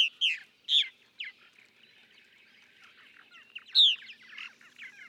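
Purple martin calls: a few loud, clear descending chirps, then soft gurgling chatter, with one more loud chirp near the end.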